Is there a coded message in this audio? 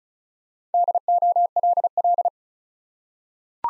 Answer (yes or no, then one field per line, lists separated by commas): yes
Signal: Morse code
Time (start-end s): 0.7-2.3 s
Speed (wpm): 36 wpm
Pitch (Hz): 700 Hz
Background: none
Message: DOLL